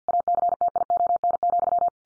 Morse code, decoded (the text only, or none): ACTION,